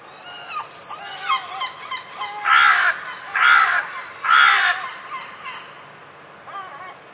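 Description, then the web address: Bird giving three loud, hoarse caws about a second apart, with other birds chirping and whistling softly around them. "cianscape. Deverinetal 2025. Bird Only"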